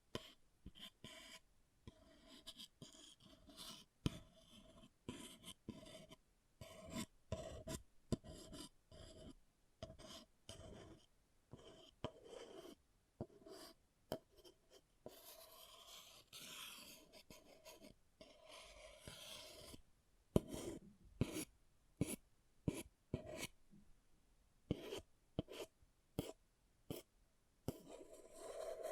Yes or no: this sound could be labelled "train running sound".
no